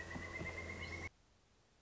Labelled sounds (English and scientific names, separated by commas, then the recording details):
Pileated Woodpecker (Dryocopus pileatus)
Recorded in Sonoma County, California